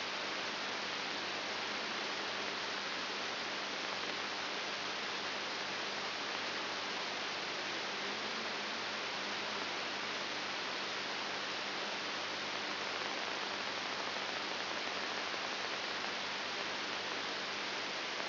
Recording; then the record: brain microelectrode recording played as sound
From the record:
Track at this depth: inside the subthalamic nucleus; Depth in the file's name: 6.301 mm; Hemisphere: left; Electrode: 3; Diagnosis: Parkinson's disease